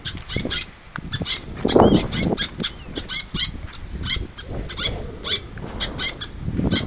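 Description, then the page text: Little tern giving rapid harsh, clipped calls in quick series, with a few thin descending squeaks and a brief lower, louder burst of sound near the two-second mark. "Albert Lastukhin - Малая крачка (Sterna albifrons)"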